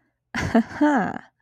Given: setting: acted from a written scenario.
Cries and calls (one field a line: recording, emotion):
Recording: vocal sound without words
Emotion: pride